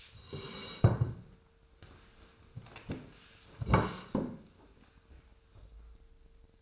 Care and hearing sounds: daily activity, microphone in the room; sit down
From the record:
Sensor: 2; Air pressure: 1005.1 hPa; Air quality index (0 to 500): 100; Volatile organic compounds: 2 ppm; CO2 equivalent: 1209 ppm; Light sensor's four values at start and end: 6/15/6/6 and 8/19/8/8

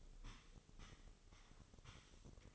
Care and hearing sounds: daily activity, microphone in the room; sweep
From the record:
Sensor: 4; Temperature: 26.8 degrees Celsius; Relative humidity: 28.1%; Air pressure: 996.7 hPa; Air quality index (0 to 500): 87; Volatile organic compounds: 4 ppm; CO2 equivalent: 1684 ppm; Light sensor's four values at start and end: 20/55/21/23 and 20/55/21/23

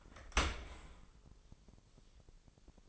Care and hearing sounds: daily activity, microphone in the room; open dishwasher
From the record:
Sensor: 5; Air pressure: 1000.7 hPa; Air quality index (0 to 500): 247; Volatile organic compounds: 34 ppm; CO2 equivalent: 3038 ppm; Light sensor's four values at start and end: 31/70/28/26 and 31/72/29/27

